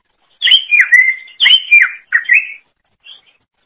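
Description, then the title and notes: Leafbird song: loud, clear slurred whistles falling in pitch, delivered in quick clusters, ending with a soft high note. "Suara Kicauan Burung Cucak Ijo"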